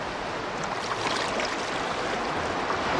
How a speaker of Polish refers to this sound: No bo wcześniej się chodziło, bo gdy w górach widziało się to może z góry, Szczówkorun, ten Dunajec, ale to jednak inaczej. Jak się płynie po tej wodzie, jak się słyszy szum tej rzeki, no co i tak jakby z nią był związany, nawet zrośnięty.